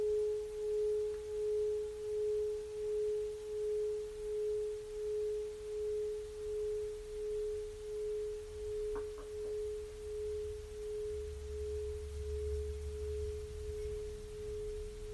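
A Tibetan singing bowl rings with one steady, pure mid-pitched tone that holds for the whole stretch, swelling and dipping in a slow, regular pulse. A faint higher overtone fades out by about nine seconds, when a couple of soft knocks sound, and low rumbling stirs underneath near the end.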